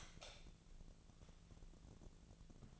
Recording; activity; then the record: daily activity, microphone in the room; light off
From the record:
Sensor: 4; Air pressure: 1000.8 hPa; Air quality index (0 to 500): 126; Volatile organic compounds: 1 ppm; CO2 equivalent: 947 ppm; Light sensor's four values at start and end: 39/98/40/45 and 36/88/37/40